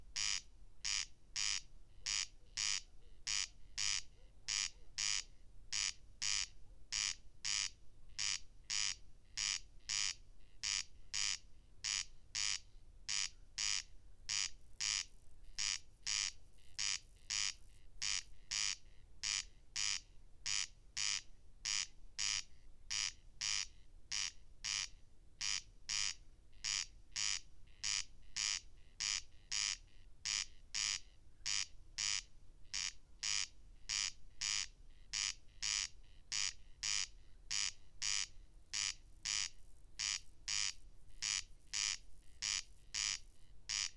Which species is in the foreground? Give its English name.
Corn Crake